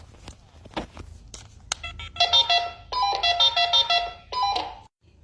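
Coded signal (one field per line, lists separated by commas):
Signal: roger beep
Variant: Baofeng radio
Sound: quiet room, then a short stepped multi-tone beep melody repeated about three times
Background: room noise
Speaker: uh let's just hear one more time but louder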